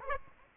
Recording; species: mosquito wingbeat signal from an infrared sensor; Aedes aegypti